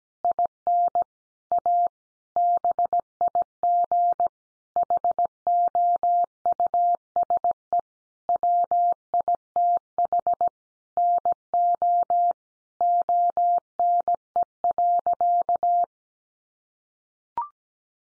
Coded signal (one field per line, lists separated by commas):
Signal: Morse code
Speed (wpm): 17 wpm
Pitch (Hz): 700 Hz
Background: none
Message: IN A BIG HOUSE WITH NO ONE.